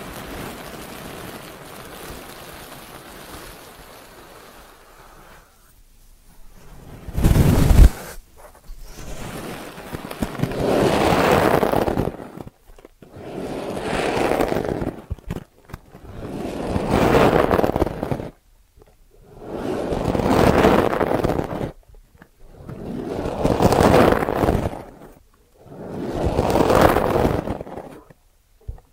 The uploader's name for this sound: Ear Cleaning Triggers